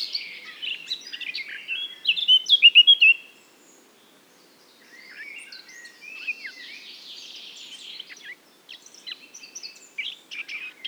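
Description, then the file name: Eurasian blackcap song: a quick varied warble with a loud burst of fluted notes, a short silence, then a quieter continuing scratchy warble. "Sylvia atricapilla"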